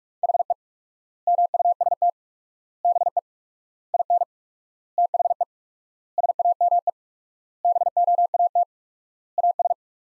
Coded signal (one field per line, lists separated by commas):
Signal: Morse code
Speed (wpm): 42 wpm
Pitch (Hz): 700 Hz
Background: none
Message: HE MUST BE IN THE SAME BOAT AS